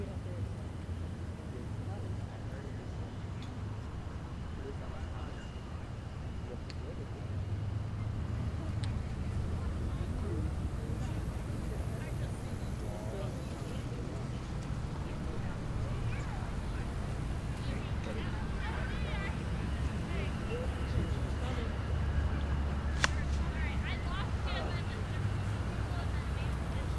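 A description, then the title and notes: A crowd waits by the 844 steam locomotive, many voices chattering at once over a steady, heavy low rumble. The murmur stays dense and even throughout, with a brief sharp click near 23 seconds. 844 Big Boy, Pacific, MO. A stereo field recording from October 2016 in Pacific, Missouri. 844 approaching, sitting and then leaving, was made at the intersection of First Street and the train tracks.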